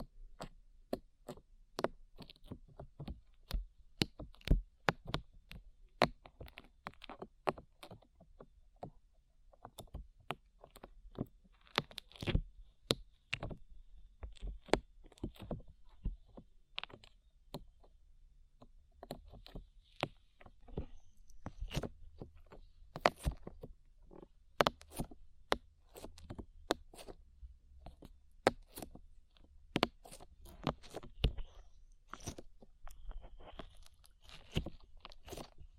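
Slime being squished and pressed, a dense run of sharp wet clicks and crackles, irregular and often clustered, over a low steady rumble.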